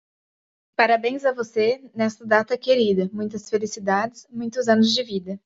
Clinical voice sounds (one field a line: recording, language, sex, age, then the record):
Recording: short text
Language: Brazilian Portuguese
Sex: female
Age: 20 to 29 years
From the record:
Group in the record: control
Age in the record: 29 years